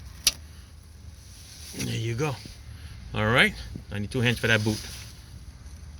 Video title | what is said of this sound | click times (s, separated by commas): 2000 Ford E150 Van 4.2 V6 Alternator change How To Remove and Replace Part 2 | there's a black connector snap that in and there you | 0.3 s